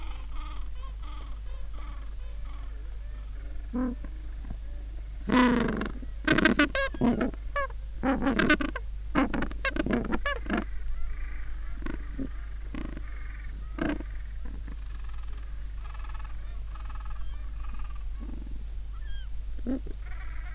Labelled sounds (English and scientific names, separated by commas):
Gentoo Penguin (Pygoscelis papua)